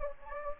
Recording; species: mosquito wingbeat signal from an infrared sensor; Anopheles gambiae